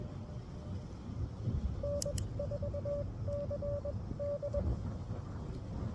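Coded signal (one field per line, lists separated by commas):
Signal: Morse code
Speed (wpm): 21 wpm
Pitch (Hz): 580 Hz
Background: none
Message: N4CD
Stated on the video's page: CW Parks on the Air activation with a QRPLabs QMX mid band, a vertical antenna on a tripod and a paddle; radio audio quality was poor.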